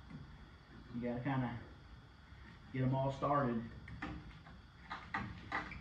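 Someone talks while handling a brake pad on a 2004 Ford F-150 4x4, working to get its metal spring retaining clip started into the caliper piston, with short sharp handling knocks around 3.9, 4.0, 5.2 and 5.7 seconds. Nothing has seated or clicked yet.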